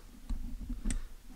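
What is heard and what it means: The second retaining pin, on the other side of the link in a steel folded-link watch bracelet, is pushed out. A faint tick comes at 0.3 s, then a sharp, bright pop at 0.9 s as the pin releases and comes loose.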